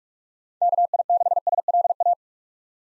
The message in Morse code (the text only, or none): KI6SLA